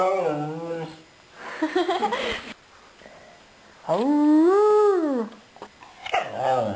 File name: Akita Dog